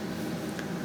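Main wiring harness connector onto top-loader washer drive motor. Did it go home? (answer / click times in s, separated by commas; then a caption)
yes / 0.6 s. The main wiring harness connector is pushed onto the drive motor of a Kenmore top-loader washer that won't agitate or spin, during a steady low hum with broadband background noise. A short, sharp click at 0.6 s marks the connector latching fully into place on the motor.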